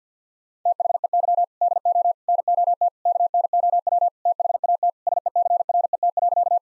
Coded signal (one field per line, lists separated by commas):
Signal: Morse code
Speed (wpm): 48 wpm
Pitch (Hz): 700 Hz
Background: none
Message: THEY DO NOT KNOW THAT SECRET.